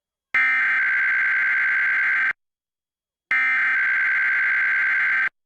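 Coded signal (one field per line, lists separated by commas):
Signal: Emergency Alert System (SAME) tones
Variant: header bursts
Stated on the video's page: Required Monthly Test captured on several TV channels.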